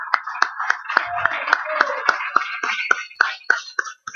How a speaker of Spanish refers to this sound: ¡Sí, aplausos.